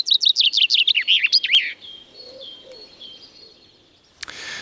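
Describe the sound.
Common chaffinch song: a bright, fast, descending trill that ends in a short flourish. Faint thin notes follow, then a sharp click.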